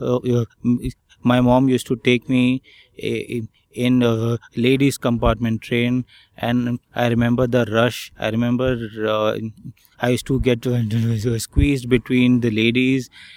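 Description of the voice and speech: An adult man who stammers, a member of a Mumbai self-help group who had stammering therapy in childhood at Nair Hospital in Bombay, recounts a childhood memory in a steady low voice. His speech is broken by a long silent pause mid-phrase and several stretched sounds and held breaks before words: blocks and prolongations typical of adult stuttering.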